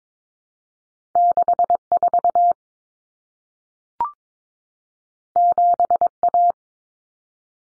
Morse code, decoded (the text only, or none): 64 7A